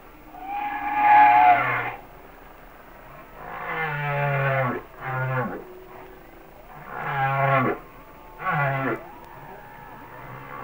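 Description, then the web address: Humpback whale song: a high tonal wail followed by a series of low harmonic moans and short grunts. "Natures Songs Whale Songs Sounds of Nature - Humpback Whales"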